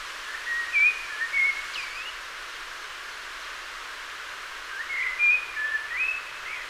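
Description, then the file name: Common blackbird singing two mellow whistled phrases a few seconds apart, slurred notes rising and falling, with faint hiss behind. "Turdus merula"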